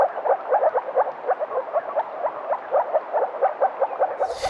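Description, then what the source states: Moor frog calls: soft, short barking notes repeated rapidly and steadily throughout, several notes per second, with a brief noise at the very end. Single, delicate barking notes heard from under the water, audible only up close; recorded at ponds near Grębów, Podkarpacie, Poland.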